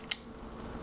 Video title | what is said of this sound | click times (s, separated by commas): TTArtisan M 28mm f5.6 Leica Lens Review | so you hear that click this lens has a locking position here where | 0.1 s